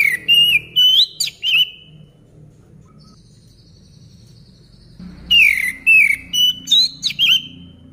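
Orange-headed thrush giving clear whistled song phrases that rise and fall, with a quiet gap of about three and a half seconds between the two bursts.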